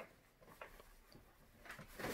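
A window shade's headrail, with its back corner already hooked into the wall mounting bracket, has its front corner pressed up into the bracket on the first side. A sharp snap is heard at 0.6 s among faint handling noise, and the headrail is seated in the bracket.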